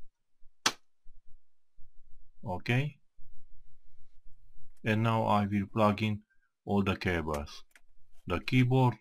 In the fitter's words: press it until I hear a click okay